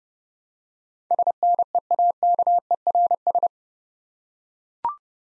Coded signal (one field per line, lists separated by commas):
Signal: Morse code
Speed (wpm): 29 wpm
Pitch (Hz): 700 Hz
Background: none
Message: SNEAKERS